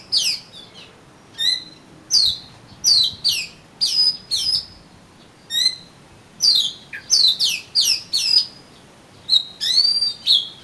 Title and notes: suara kacer. kumpulan suara burung kacer